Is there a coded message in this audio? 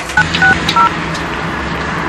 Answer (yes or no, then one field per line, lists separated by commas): yes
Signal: DTMF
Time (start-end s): 0.2-0.9 s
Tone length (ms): 130 ms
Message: 960